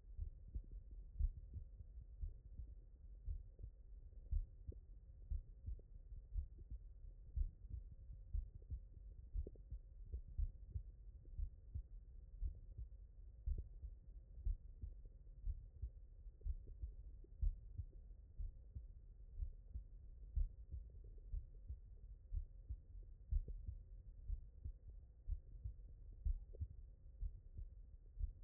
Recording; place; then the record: heart sounds by stethoscope; mitral valve (MV)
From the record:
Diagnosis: non-HFrEF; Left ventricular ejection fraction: 64%